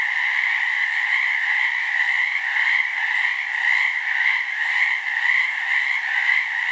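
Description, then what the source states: Frogs calling in a dense chorus, a continuous trilling wall of sound with a faint pulsing rhythm and no pauses. Frogs recorded in BC.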